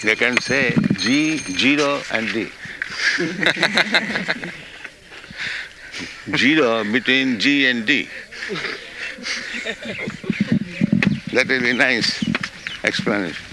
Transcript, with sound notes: No, they can say, "G, zero, and d." [laughter] Zero between g and d. That will be nice explanation.